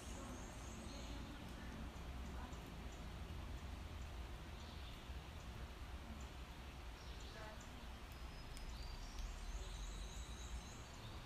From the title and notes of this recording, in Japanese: カナダはケベック州の森の中にある我が家。ある初夏の朝、何気ない我が家の日常音。何種類もの異なる鳥のさえずり。遠くから聞こえてくる大きなトラックの音。家の中で響く物音。